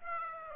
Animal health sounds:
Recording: mosquito wingbeat signal from an infrared sensor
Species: Aedes aegypti

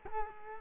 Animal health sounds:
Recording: mosquito wingbeat signal from an infrared sensor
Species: Culex quinquefasciatus

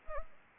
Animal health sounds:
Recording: mosquito wingbeat signal from an infrared sensor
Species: Anopheles arabiensis

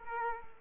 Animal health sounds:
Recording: mosquito wingbeat signal from an infrared sensor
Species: Culex quinquefasciatus

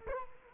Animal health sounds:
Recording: mosquito wingbeat signal from an infrared sensor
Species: Culex quinquefasciatus

